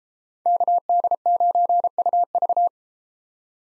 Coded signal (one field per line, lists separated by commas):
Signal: Morse code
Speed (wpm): 30 wpm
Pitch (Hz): 700 Hz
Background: none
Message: KD9UV